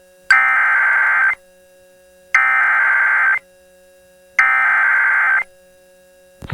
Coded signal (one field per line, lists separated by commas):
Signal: Emergency Alert System (SAME) tones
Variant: header bursts